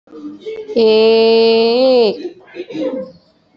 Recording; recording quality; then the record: sustained vowel as in made; excellent, no background noise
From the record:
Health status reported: healthy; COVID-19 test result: not tested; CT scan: not taken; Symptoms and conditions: none ticked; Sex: female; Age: 25 years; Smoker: no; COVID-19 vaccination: both doses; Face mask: worn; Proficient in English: yes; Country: India